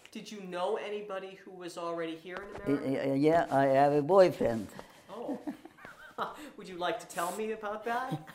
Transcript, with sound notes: Did you know anybody who was already here in America?
Yeah, I had a boyfriend. [chuckles]
Oh. [laughs] Would you like to tell me about that?